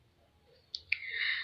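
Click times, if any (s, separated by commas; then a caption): 0.7 s, 0.9 s. Someone presses the zip-lock seal tracks of a plastic vacuum packing bag closed, producing sharp clicks at 0.8 s and 0.9 s, followed by a rising rustle of plastic. The seal is locked closed, ready for the valve cap to be opened so the pump can be inserted.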